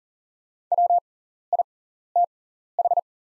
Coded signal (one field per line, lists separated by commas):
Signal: Morse code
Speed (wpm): 40 wpm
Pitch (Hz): 700 Hz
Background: none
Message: WITH